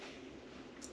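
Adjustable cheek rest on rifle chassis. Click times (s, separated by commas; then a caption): 0.8 s. The adjustable cheek rest on a KRG X-Ray rifle chassis is set at its chosen hole position over a steady low background hum. A short, sharp, bright knock at 0.8 s marks the cheek rest locking into place.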